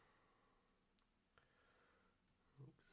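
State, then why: Not seated. A second memory module is handled and lined up over a motherboard DIMM slot before being pressed down. Faint handling ticks come at about 1.0 and 1.4 s, and a louder low bump near 2.6 s. The module has not seated or clicked yet.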